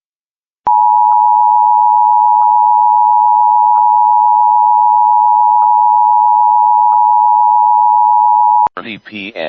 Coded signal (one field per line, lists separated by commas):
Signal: Emergency Alert System (SAME) tones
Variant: 853 and 960 Hz attention tone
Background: speech